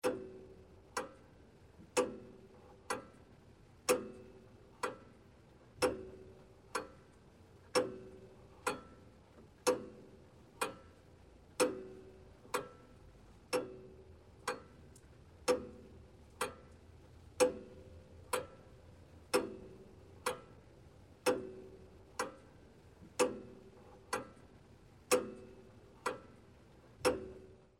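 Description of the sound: Steady clock-like ticking, about one click per second, simulating a clicking type of tinnitus.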